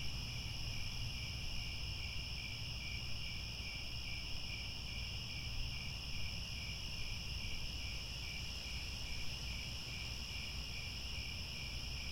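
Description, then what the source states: Dense cricket chorus of unbroken high trills with a gentle pulsing beat, accompanied by constant low rumble. Chorus of crickets chirping at twilight as the sun sets, with stars overhead.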